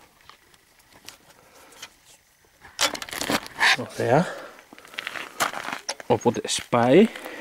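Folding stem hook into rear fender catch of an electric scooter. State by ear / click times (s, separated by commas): not seated / none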